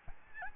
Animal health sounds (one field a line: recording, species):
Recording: mosquito wingbeat signal from an infrared sensor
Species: Aedes albopictus